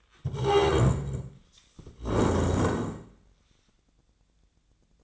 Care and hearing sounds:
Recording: daily activity, microphone in the room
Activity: stand up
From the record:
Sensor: 3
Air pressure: 1012.2 hPa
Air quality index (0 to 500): 174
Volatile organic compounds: 3 ppm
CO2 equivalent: 1336 ppm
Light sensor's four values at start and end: 109/236/115/128 and 89/204/98/108

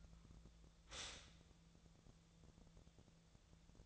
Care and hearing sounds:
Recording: daily activity, microphone in the room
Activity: stop toaster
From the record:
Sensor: 3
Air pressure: 1000.2 hPa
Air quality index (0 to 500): 152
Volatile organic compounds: 3 ppm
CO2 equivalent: 1344 ppm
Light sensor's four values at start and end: 38/96/40/44 and 38/96/40/44

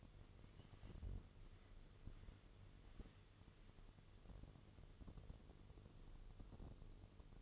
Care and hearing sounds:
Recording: daily activity, microphone in the room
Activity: wipe stove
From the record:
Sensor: 4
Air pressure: 1015.9 hPa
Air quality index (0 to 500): 110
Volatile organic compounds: 2 ppm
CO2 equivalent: 1240 ppm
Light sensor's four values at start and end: 9/19/7/7 and 9/19/7/7

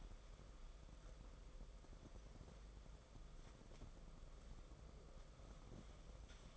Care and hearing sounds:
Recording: daily activity, microphone in the room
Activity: wipe stove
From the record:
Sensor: 5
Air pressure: 994.6 hPa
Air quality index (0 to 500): 181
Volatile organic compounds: 1000 ppm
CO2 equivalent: 5304 ppm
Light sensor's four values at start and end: 40/120/48/52 and 38/109/44/48

